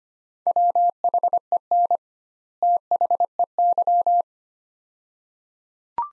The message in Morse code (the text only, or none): WHEN THEY